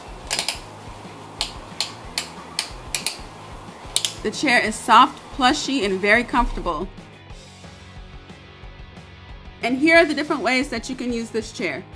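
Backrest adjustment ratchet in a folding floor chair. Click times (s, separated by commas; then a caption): 2.2 s, 2.6 s, 3.0 s, 4.0 s. The backrest ratchet of a folding game chair, a roughly 7-pound folding floor chair with 14 adjustable positions, is moved through its positions. It clicks sharply as it locks into each notch at about 2.2, 2.6, 3.0 and 4.0 seconds, seating in place. Afterward, someone talks.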